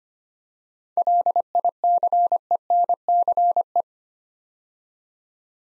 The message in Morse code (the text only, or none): LICENCE